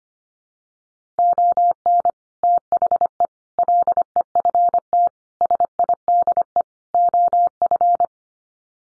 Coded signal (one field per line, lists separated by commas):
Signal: Morse code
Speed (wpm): 25 wpm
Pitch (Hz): 700 Hz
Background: none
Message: ON THE LEFT SIDE OF